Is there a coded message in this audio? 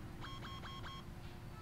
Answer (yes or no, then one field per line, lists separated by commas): no